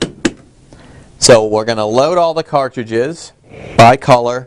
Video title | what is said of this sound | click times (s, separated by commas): طابعة رقمية epson الحجم الكبير | click it out for removal so | 0.0 s, 0.2 s